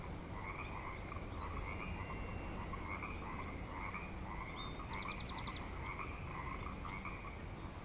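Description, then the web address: Frogs calling in a thick continuous chorus, pulsing trills overlapping, with a quick burst of high repeated notes midway. Frog chorus at Grafton Lake, recorded 3 May 2009. "The Frog Chorus Tunes Up On Grafton Lake frogs 090503"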